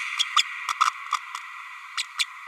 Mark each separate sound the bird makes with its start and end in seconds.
0.19-0.24, 0.36-0.42, 0.68-0.73, 0.85-0.90, 1.12-1.17, 1.97-2.02, 2.18-2.24